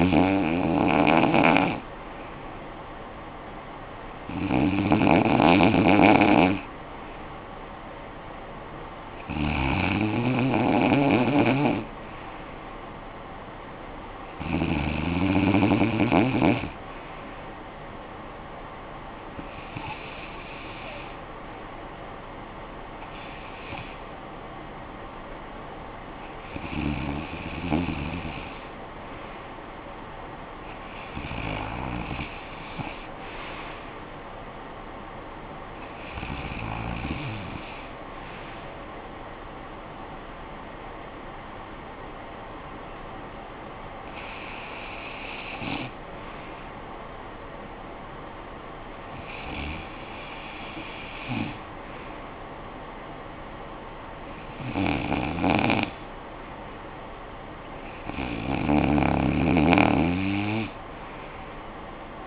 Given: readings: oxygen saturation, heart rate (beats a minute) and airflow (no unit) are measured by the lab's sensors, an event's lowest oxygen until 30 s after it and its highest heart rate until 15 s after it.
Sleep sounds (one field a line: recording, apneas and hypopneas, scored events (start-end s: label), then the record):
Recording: breathing in sleep by a voice recorder at the bedside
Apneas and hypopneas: none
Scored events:
none scored
From the record:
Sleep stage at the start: REM sleep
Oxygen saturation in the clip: 93 to 95%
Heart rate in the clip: 52 to 69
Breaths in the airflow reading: 13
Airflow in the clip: -12.8 to 8.5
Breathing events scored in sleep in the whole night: 445 in 7.6 hours asleep